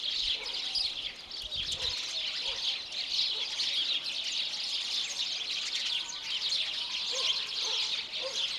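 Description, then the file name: House sparrow chirps blend into a steady, dense chatter of many high notes, continuing without a break, with a brief low rumble near the start. "Passer domesticus"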